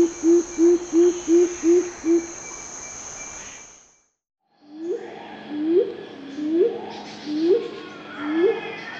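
Superb fruit dove giving low hoots: a quick run of about seven short notes, a pause, then five slower upslurred hoots roughly a second apart over faint insect hiss.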